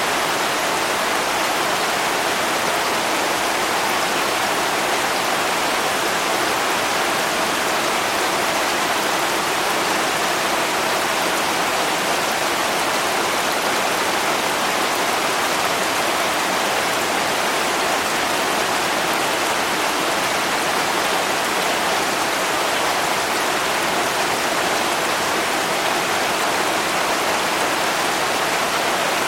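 Heavy rain pours onto a metal roof in a dense, unbroken hiss that holds steady for the whole half minute. The sound is bright, with countless tiny impacts blurring together and little low rumble underneath.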